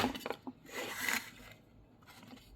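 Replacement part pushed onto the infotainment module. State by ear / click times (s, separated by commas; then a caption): not seated / none. A replacement part, switched over to the new unit, is handled and pushed by hand onto its mount on a Sync 3 infotainment module to fix a black screen. Short scrapes and light knocks of handling are heard, with a brighter rubbing burst around 0.7 to 1.2 s, but nothing has seated or clicked yet. No one talks.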